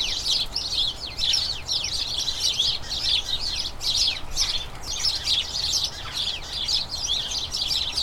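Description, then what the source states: House sparrow flock giving incessant overlapping chirps, busy bright chatter rising and falling in loose bursts across the whole stretch. A colony of about a dozen house sparrows in a small front garden as crocuses bloom, chattering excitedly as the colony turns toward the breeding season.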